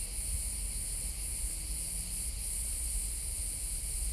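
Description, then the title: Crickets giving a continuous very high, thin trill that holds steady throughout. Different types of crickets singing differently, Collserola natural park, during a heat wave, walking toward a pine wood; recorder with hypercardioid microphone. "Grills Diferents Collserola"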